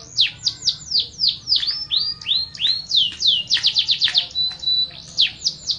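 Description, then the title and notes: Canary song: a fast run of bright descending whistled notes and rolling trills, with a brief steady whistle near the end, repeated in quick phrases. Master song for training canaries, described as a solid master. "Suara Burung Kenari Masteran. master suara burung kenari mantap"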